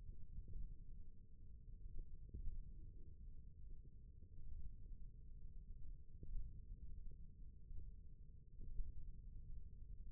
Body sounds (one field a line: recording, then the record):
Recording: forearm muscle sounds (acoustic myography)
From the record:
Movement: thumb flexion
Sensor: system 1, eight BSWA MPA416 microphones around the upper forearm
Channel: 1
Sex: male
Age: 28 years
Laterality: right